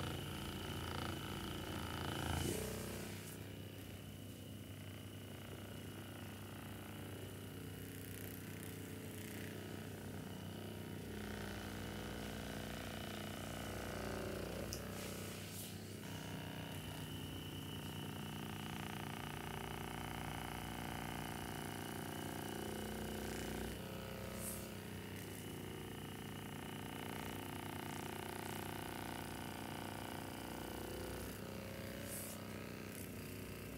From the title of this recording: Spa full body massage with massager